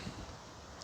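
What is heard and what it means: A plastic antenna is pushed down into its socket on a G.I. Joe Retro A.W.E. Striker toy vehicle over a steady low background hiss. A sharp, short click at 0.8 s marks the antenna snapping into place, fully seated.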